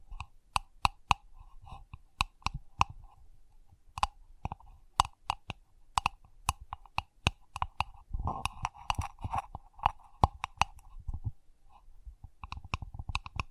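Sensitive tapping: crisp, sharp taps land one at a time, about every half second, with an irregular rhythm and occasional quick pairs. Around the eighth to eleventh second a soft rustling, scratchy texture and low thumps fill in between the taps.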